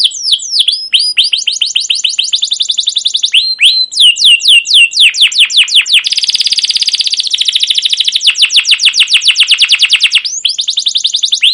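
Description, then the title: Canary singing long rapid chirp series, a rich rolling trill in the middle, then more fast sweeping chirps. Canary song used as a lure (pancingan) to train other canaries; described as gacor, long rolls with cuit cuit notes. "CUIT CUIT NGEROL LANGSUNG GACOR PANJANG Kenari Ini AMPUH Utk Pancingan KENAR. Masteran Suara Burung Kenari Gacor Panjang cuit cuit Ngerol untuk Pancingan Kenari!"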